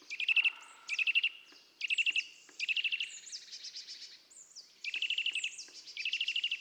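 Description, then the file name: Eurasian nuthatch calling in quick rattling bursts of sharp high notes, bursts following closely, mixed with thin slurred whistles between them. "Sitta europaea"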